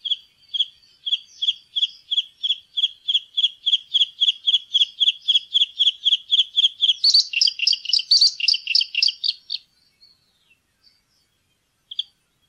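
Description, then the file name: Bluethroat song: a long series of identical sharp high notes, about four a second, breaking into a jumbled burst of mixed chirps, then a lone final note. "blaastrupe"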